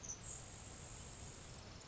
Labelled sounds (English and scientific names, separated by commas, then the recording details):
Grasshopper Sparrow (Ammodramus savannarum)
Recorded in Sonoma County, California